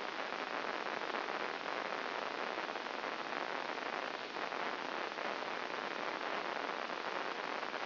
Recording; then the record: brain microelectrode recording played as sound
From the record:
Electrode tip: inside the subthalamic nucleus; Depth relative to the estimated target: -1 mm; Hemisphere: left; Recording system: AlphaMap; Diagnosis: Parkinson's disease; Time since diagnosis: 10 years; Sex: female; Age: 63 years